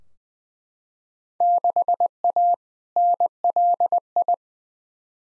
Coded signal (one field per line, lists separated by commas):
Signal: Morse code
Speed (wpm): 20 wpm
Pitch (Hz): 700 Hz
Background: none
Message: 6A NLI